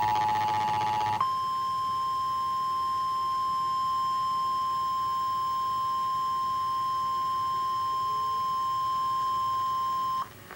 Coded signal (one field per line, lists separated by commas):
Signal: Emergency Alert System (SAME) tones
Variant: 1050 Hz attention tone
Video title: EAS